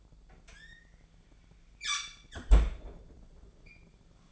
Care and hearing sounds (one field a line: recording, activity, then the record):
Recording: daily activity, microphone in the room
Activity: close fridge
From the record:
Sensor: 5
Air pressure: 1009.8 hPa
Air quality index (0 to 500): 163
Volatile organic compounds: 4 ppm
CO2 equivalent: 1581 ppm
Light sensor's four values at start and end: 119/305/127/135 and 117/301/125/133